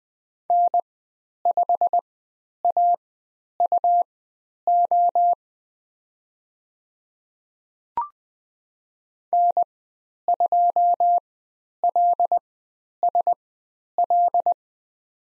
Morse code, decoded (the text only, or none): N5AUO N2LSL